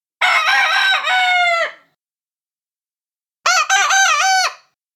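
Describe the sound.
Chicken: rooster giving two full crows about three seconds apart, each a strained, wavering cock-a-doodle-doo that falls away at the finish.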